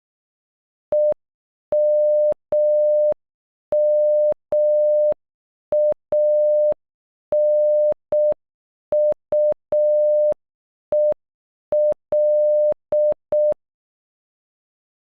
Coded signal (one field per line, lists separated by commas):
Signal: Morse code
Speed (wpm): 12 wpm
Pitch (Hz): 600 Hz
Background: none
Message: EMMANUEL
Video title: Emmanuel in Morse code